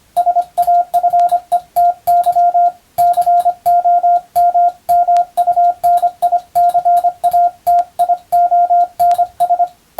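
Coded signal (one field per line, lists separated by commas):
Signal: Morse code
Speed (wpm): 25 wpm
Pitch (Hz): 700 Hz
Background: radio noise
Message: SAFETY COMMUNICATIONS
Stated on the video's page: Morse practice in the style of the Japanese radiotelegraph operator exam, using English-language telegram practice texts, keyed for receiving practice.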